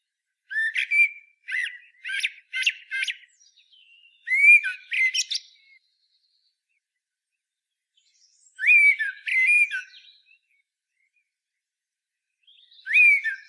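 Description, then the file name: Common blackbird song: a quick series of whistled, squeaky notes, then three fluty phrases spaced by pauses of a few seconds, with no other sounds. "Turdus merula"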